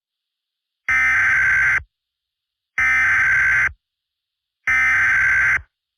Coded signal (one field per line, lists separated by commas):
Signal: Emergency Alert System (SAME) tones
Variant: header bursts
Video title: EAS SCENARIO #1 - Acid Weather